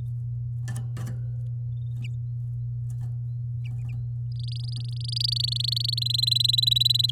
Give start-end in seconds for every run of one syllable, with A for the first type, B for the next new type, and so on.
4.32-6.00 A, 6.01-7.11 B